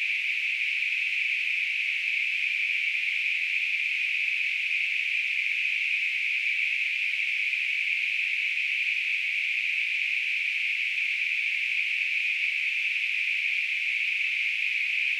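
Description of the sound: Simulated tinnitus: a steady, high-pitched hissing ring, a narrow band of noise centred around 2–3 kHz, holding constant in pitch and loudness throughout with no low-frequency content.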